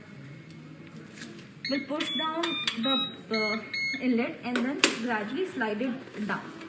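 A humidifier water chamber on a ventilator humidifier is pushed down at its inlet and slid toward its base while someone talks, with faint handling noise beneath the voice. The clip ends before the chamber goes home, so nothing has seated or clicked yet.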